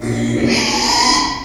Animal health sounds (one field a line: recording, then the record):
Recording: squeal of a Yucatan mini pig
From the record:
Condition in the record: after surgery on the right vocal fold (resection and tissue-engineered implant)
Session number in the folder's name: 2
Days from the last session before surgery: 13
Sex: male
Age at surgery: 12 weeks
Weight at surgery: 13 kg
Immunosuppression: cyclosporine, prednisolone